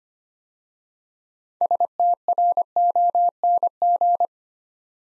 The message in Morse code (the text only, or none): STRONG